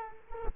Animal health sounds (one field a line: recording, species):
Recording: mosquito wingbeat signal from an infrared sensor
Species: Culex quinquefasciatus